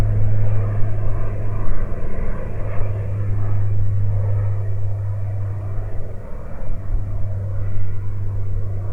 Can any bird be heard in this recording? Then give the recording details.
no. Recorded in the Prudhoe Bay oil fields, Alaska, on 22 July 2019 at 13:39. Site 13